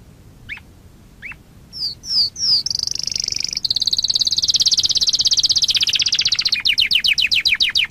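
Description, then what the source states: Nightingale song begins with two rising whistles and three down-slurred notes, then pours out a long high rapid trill that breaks into spaced, repeated chipping notes. Masteran song track used to train captive songbirds to sing.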